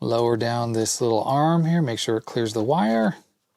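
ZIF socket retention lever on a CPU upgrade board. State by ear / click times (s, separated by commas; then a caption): not seated / none. Someone talks while handling the metal retention lever of a ZIF socket on a PowerLeap Pentium CPU upgrade board, with the processor already set into the socket. The clip ends before the arm is lowered all the way, so nothing has clicked or seated yet.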